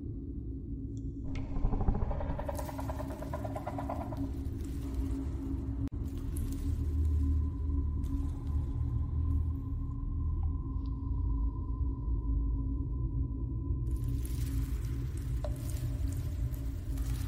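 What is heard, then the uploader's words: A dark alien hive ambience built on a constant deep rumble and a steady low drone. Hissing, breathy swells rise over it near the start, again around six to eight seconds, and in the last few seconds, while a thin sustained whine hangs in the middle stretch. Alien hive ASMR ambience. Predator cave | relaxing slimy sounds.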